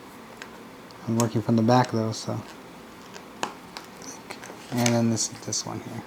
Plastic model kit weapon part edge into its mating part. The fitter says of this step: this little edge here just kind of goes click